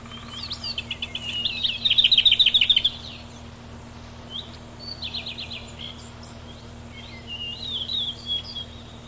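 Lesser whitethroat gives a brief warble and a loud, fast rattle on one pitch. Softer rattling and scratchy phrases follow over the next few seconds.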